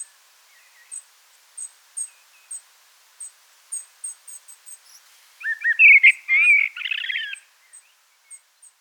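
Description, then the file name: Common blackbird: a short rich warbled phrase, while thin, high chirps sound throughout. "Turdus merula"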